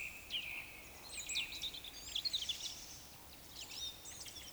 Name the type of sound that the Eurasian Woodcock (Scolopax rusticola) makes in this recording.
whistle, croak